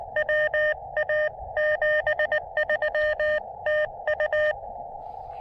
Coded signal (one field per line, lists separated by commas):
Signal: Morse code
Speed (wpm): 22 wpm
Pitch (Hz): 610 Hz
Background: none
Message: WA 73 TU